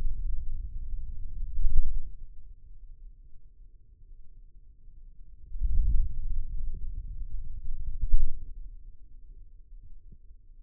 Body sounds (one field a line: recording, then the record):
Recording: forearm muscle sounds (acoustic myography)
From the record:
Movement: wrist flexion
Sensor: system 2, bracelet of six BSWA MPA416 microphones around the upper forearm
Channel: 4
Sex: male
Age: 22 years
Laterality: right